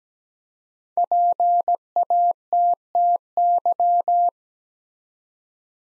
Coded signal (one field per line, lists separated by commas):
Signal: Morse code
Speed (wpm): 17 wpm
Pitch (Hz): 700 Hz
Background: none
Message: PATTY